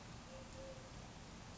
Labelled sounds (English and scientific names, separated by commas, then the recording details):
Eurasian Collared Dove (Streptopelia decaocto)
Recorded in Sonoma County, California